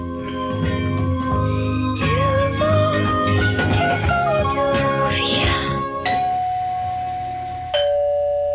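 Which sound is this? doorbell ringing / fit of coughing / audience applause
doorbell ringing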